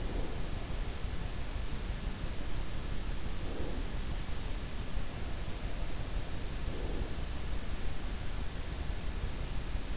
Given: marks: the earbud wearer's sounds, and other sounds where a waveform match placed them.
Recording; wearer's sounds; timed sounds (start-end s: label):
sounds in sleep by an in-ear microphone; breath
0.00-0.42 s: breath
3.33-3.97 s: breath
6.63-7.18 s: breath